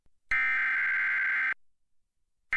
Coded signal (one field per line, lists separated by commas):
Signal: Emergency Alert System (SAME) tones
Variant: header bursts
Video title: EAS Tornado Warning During WordGirl (2021 WNPT-DT3)